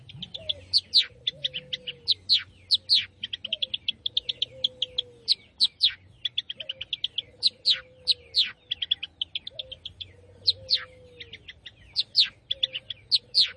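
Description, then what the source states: Long-tailed shrike song of busy, scratchy high chatter and sharp slurred notes. Soft low whistles slide downward throughout. Singing lively, described as gacor.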